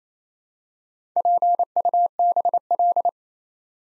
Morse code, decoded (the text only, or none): PUBL